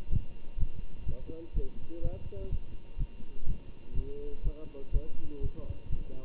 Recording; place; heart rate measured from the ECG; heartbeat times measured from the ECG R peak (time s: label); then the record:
heart sounds by stethoscope; between the tricuspid and mitral areas; 124 bpm
0.09 s: heartbeat
0.56 s: heartbeat
1.05 s: heartbeat
1.53 s: heartbeat
2.01 s: heartbeat
2.49 s: heartbeat
2.97 s: heartbeat
3.45 s: heartbeat
3.93 s: heartbeat
4.42 s: heartbeat
4.91 s: heartbeat
5.40 s: heartbeat
5.89 s: heartbeat
From the record:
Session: Bruce protocol treadmill stress test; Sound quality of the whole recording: good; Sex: male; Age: 25 years